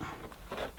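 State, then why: Not seated. A cloth filter dust bag is being pushed onto its holder inside the plastic bag housing of a 1999 Hoover Turbopower 2 upright vacuum cleaner. Soft rustling and handling noises are heard, with brief bumps around 0.3 s and 0.5 s. The bag has not clicked into place yet.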